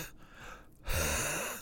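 Breathing: a deep breath in through a quiet, low-level start, then a loud inhalation with a weird grabbing catch felt in the chest, in an adult man who is ill.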